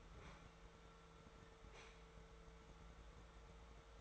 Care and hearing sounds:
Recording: daily activity, microphone in the room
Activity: open fridge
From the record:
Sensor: 3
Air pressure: 1014.9 hPa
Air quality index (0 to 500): 200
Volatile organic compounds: 28 ppm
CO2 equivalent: 2914 ppm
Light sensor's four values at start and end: 38/94/40/43 and 38/94/40/43

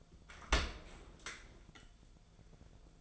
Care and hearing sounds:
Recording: daily activity, microphone in the room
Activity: open dishwasher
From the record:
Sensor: 5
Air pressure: 1000.6 hPa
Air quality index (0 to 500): 160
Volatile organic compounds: 2 ppm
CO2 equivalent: 1227 ppm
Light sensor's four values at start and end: 47/107/46/50 and 47/108/46/50

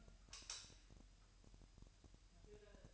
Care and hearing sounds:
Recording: daily activity, microphone in the room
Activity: light off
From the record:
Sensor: 2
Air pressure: 1001.7 hPa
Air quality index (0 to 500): 245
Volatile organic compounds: 34 ppm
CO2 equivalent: 3037 ppm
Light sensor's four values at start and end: 9/25/10/10 and 4/10/4/4

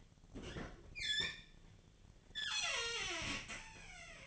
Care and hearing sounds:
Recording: daily activity, microphone in the room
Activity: open fridge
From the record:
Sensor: 4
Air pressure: 1010.5 hPa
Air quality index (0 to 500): 177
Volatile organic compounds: 5 ppm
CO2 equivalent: 1801 ppm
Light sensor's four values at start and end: 32/94/37/37 and 26/80/31/31

